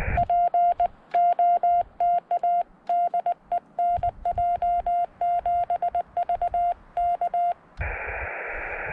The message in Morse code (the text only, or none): POTA DE NJ7V K